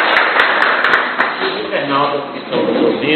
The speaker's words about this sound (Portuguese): Aplausos para nosso Adão.